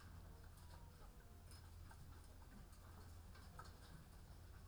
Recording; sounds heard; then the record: poultry house recording; sick chickens (respiratory disease)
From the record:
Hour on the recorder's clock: 13